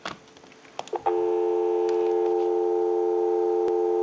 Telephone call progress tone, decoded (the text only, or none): dial tone